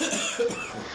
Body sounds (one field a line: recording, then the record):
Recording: coughing mixed with background sound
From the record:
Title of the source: Spring Cold Coughing.